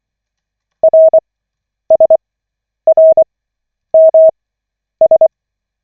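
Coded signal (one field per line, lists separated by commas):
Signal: Morse code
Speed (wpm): 24 wpm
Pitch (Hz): 640 Hz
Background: none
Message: RSRMS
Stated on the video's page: Koch method Morse practice session from the LCWO.net website, lesson 5 of 40.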